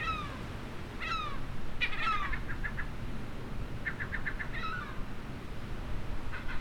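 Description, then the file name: Gull calls: a few descending mewing cries mixed with short staccato notes in bursts, over steady low rumbling background noise. "STC moewen"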